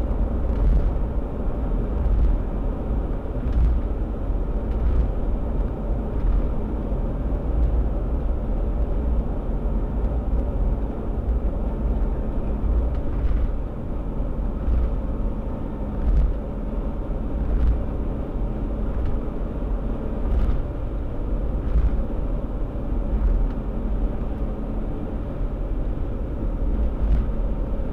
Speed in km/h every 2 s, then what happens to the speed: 90, 89, 88, 88, 87, 87, 86, 87, 88, 90, 91, 89, 90, 88.
0-28 steady at about 88.